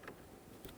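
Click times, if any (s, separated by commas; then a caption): none. A connector is handled at the fuse box of a 2011-2014 Hyundai Sonata during a steering column flexible coupler replacement, with the plastic locking door on the connector not yet closed. Brief, faint handling ticks are heard over a steady low background. Nothing has seated or clicked yet.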